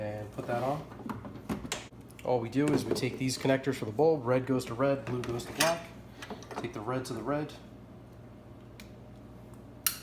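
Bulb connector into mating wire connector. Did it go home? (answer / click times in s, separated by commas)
yes / 9.9 s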